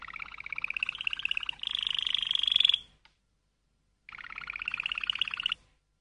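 Canary giving a quick buzzing trill that switches to a higher, louder roll, stops, then resumes with another rapid trill.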